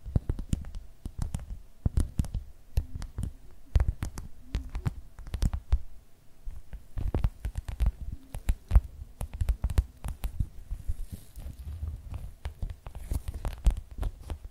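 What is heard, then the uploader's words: Tapping sounds repeat throughout, quick and uneven, each tap a short sharp click over a soft thudding low end. The taps come in dense clusters with brief pauses, around 6 seconds and near 12. A faint steady hum sits underneath, and no voice is heard. ASMR 1 Hour Tapping No Talking For Sleep (Louis Vuitton, Yankee Candle, Bamboo, .)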